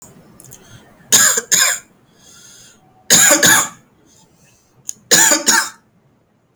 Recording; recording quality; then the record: heavy voluntary cough; excellent, no background noise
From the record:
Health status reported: healthy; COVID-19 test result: negative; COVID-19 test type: RT-PCR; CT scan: not taken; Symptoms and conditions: none ticked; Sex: male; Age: 23 years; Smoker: no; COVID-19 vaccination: one dose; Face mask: not worn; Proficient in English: yes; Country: India